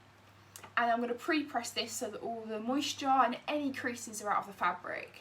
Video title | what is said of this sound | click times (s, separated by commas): HappyPattern FlowerGarden Hand Cut Design - LIVE Tutorial | and then i'm just going to lock this handle back into place | 0.6 s